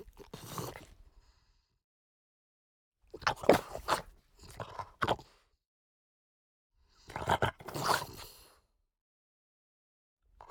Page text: French Bulldog Smack. Quick Sounds